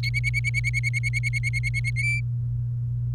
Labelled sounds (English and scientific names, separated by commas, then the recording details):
Domestic Canary (Serinus canaria) song
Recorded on 28 April 2018 at 09:42
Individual llb3